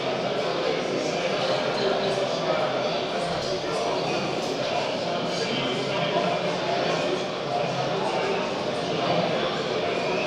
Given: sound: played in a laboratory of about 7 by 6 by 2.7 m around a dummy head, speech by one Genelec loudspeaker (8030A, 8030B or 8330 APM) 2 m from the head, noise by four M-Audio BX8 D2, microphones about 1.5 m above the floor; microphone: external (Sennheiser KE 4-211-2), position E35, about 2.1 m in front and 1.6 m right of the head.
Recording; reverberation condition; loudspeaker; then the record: cafeteria noise; high; four, about 170 cm from the corners of the room and facing them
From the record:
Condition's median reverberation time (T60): about 1300 ms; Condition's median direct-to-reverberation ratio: about -4.0 dB